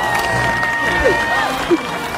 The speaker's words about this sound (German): Als der Wal am Ufer auftaucht, gibt es großen Jubel.